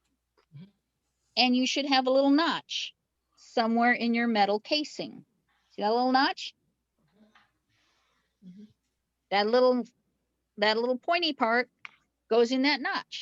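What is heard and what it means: A bobbin case is held by its pointy tab and lined up with the notch in the metal casing of a sewing machine's bobbin area before being slid on, while someone talks throughout. A faint, brief sound occurs at about 7.4 seconds between phrases. Nothing has seated or clicked yet.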